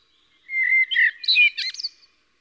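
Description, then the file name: Common blackbird singing one short phrase, lower fluty notes followed by higher, scratchy twittering notes. "Turdus merula"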